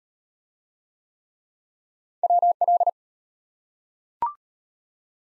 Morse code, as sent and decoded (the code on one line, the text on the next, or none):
.-- .-..
WL